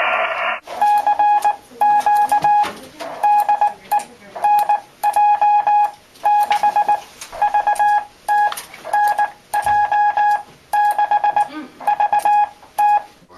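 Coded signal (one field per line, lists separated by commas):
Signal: Morse code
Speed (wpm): 19 wpm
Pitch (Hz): 830 Hz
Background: none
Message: CQ DE NJ6VT NJ6VT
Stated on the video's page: Amateur radio station aboard a museum World War II submarine in California.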